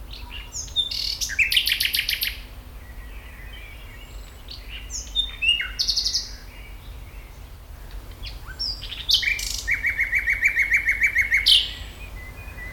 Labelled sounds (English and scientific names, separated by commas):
Common Nightingale (Luscinia megarhynchos)